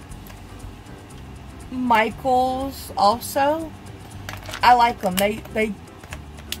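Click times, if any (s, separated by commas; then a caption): 6.5 s. The lid of a plastic craft storage box is closed and snaps shut with a sharp click at 6.5 seconds, so it is secure and won't pop open. Someone talks before it, and a few light taps and knocks are heard around 4.3 and 6.1 seconds.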